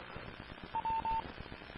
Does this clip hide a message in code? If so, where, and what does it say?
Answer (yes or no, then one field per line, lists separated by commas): no